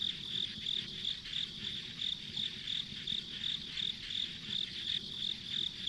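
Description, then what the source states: Insects chirp in an even, high-pitched pulse, about three beats a second, over a constant ringing background. Ambient insect sounds along a rural country road.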